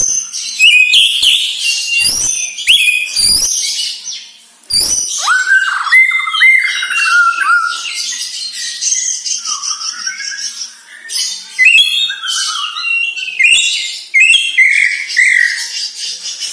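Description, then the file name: White-rumped shama song: rapid high chattering and clicks, then a run of varied whistles, slurs and warbling phrases continuing to the end. Bornean type; lure recording meant to make shamas sing actively ('gacor'). "Sara Pancingan Murai Batu Borneo Agar Gacor Dor"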